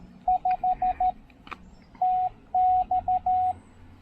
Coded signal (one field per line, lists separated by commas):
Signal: Morse code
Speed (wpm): 13 wpm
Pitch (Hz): 740 Hz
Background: radio noise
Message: 5 TX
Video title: The new Penntek TR-45L: A Full Overview, Tour, and POTA Activation!